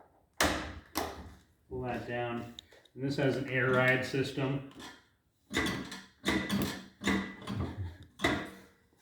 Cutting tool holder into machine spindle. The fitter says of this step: It locks into place.